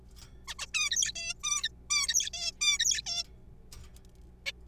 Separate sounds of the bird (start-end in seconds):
0.48-0.54, 0.59-0.67, 0.74-0.90, 0.91-1.12, 1.16-1.34, 1.44-1.69, 1.90-2.30, 2.34-2.51, 2.61-2.78, 2.79-3.02, 3.06-3.23, 4.46-4.52